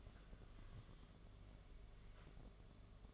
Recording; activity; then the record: daily activity, microphone in the room; take from stove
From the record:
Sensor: 4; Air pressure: 1011.1 hPa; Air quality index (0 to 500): 144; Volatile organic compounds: 3 ppm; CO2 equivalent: 1471 ppm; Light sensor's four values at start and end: 192/500/212/221 and 182/475/201/209